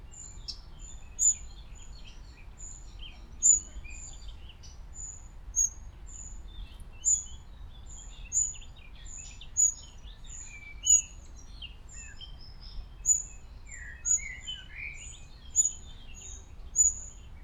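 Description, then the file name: Eurasian wren giving a long series of high, sharp ticking calls over faint twittering from other birds and steady low noise. "Troglodytes troglodytes"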